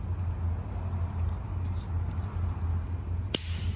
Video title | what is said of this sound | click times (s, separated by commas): How To Replace Wiper Blades On A 2010-2019 Ford Taurus - Duralast Flex Wiper Blades | you hear that click you know that it's in | 3.3 s